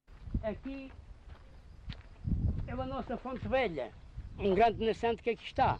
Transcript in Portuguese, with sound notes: Aqui [pausa] é a nossa fonte velha, um grande nascente que aqui está.